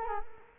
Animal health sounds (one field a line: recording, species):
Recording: mosquito wingbeat signal from an infrared sensor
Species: Culex quinquefasciatus